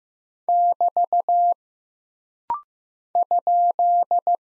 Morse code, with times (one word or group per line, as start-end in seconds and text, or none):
0.5-1.5 <BT>
3.1-4.4 ?